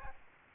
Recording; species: mosquito wingbeat signal from an infrared sensor; Aedes albopictus